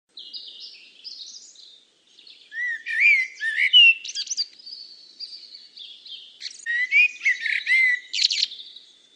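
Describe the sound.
Blackbird song: soft high twittering, then two fluted warbling phrases with squeaky high notes.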